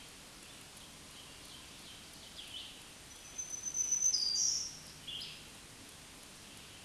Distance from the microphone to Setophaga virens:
about 15 m